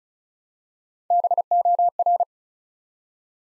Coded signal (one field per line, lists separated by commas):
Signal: Morse code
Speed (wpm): 36 wpm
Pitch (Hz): 700 Hz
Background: none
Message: BOR